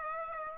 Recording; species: mosquito wingbeat signal from an infrared sensor; Aedes aegypti